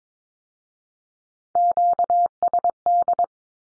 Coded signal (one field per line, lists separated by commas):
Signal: Morse code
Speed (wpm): 22 wpm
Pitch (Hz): 700 Hz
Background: none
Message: QSD